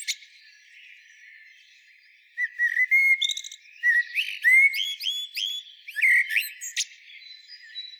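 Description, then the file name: Common blackbird song: after two quiet seconds, a string of clear rising whistles and warbled notes with thin squeaky ends. "Turdus merula"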